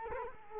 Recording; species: mosquito wingbeat signal from an infrared sensor; Culex quinquefasciatus